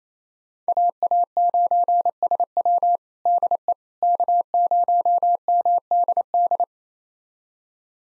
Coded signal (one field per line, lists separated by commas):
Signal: Morse code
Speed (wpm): 27 wpm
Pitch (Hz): 700 Hz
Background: none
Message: AA9SW DE K0MDD